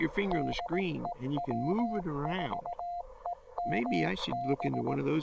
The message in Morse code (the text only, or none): DE W4EMB